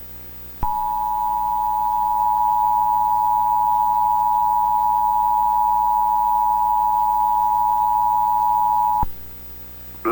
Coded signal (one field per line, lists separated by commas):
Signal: Emergency Alert System (SAME) tones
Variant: 853 and 960 Hz attention tone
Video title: Zombie EAS Scenario - 28 Days Later (2002)